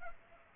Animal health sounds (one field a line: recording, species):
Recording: mosquito wingbeat signal from an infrared sensor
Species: Culex pipiens